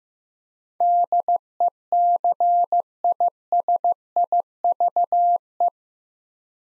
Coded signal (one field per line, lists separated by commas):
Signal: Morse code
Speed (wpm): 15 wpm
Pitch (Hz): 700 Hz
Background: none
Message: DECISIVE